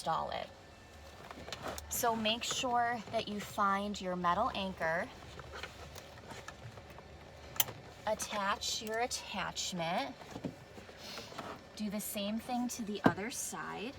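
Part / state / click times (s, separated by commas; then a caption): car seat lower anchor connector onto vehicle lower anchor bar / seated / 7.6 s. Someone talks while a forward-facing convertible car seat's LATCH lower anchor connector is pushed onto the metal lower anchor bar in the vehicle seat bight. A sharp, loud click at 7.6 s marks the connector seating onto the anchor.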